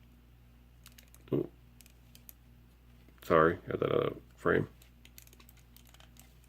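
A plastic canopy panel is handled and folded on a Transformers Masterpiece Bumblebee transforming robot toy body, with light plastic taps and clicks scattered through the clip while someone talks. The canopy has not snapped into place yet; nothing has seated or clicked home.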